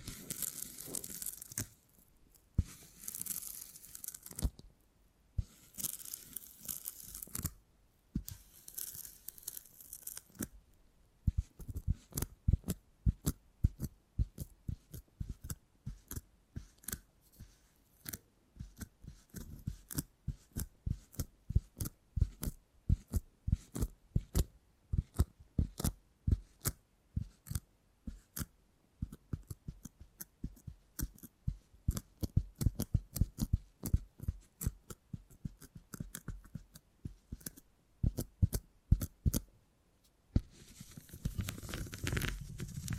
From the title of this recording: Brain Tingly Sounds Using Beeswax